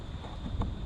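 A coolant temperature sensor on a MKIV Volkswagen Jetta TDI is pushed straight into the engine coolant flange with constant pressure. A short, sharp click at 0.6 s rises over a steady low rumble and a faint high tone, and the sensor is seated in its housing.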